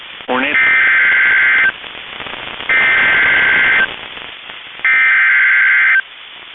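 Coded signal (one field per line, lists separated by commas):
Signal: Emergency Alert System (SAME) tones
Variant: header bursts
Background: speech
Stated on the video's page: Tornado watch, tornado warnings and severe thunderstorm warning from NOAA weather radio station KEC65, Minneapolis, Minnesota.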